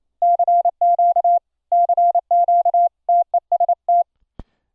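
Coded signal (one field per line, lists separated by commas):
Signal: Morse code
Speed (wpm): 28 wpm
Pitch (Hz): 700 Hz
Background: none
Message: CQ CQ TEST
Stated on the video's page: Ultra PicoKeyer sidetone from its headphone jack into a Linux sound card, passed through a software DSP bandpass filter removing square-wave harmonics.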